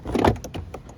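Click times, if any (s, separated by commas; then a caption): 0.2 s. Fingers go under the bottom edge of the plastic door card on a VW MK8 Golf R/GTI door and pull it outward, releasing its retaining clips from the metal door frame. A pop at 0.3 s marks the clips coming loose. Fainter clicks follow at about 0.4, 0.5 and 0.8 s.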